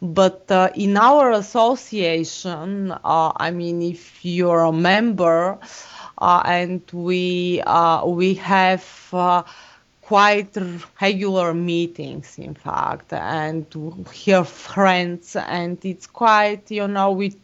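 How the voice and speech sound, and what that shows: An adult man who has stuttered since childhood and belongs to a stuttering self-help association speaks in bursts broken by pauses. He stretches sounds, makes a repeated glottal catch before "and", and holds a long "v" in "have". These prolongations and blocks are typical of stuttering in adult speech.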